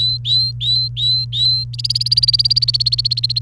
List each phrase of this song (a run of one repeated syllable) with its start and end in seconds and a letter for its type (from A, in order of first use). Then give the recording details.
0.00-1.64 A, 1.73-3.41 B. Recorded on 28 April 2018 at 14:01. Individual llb3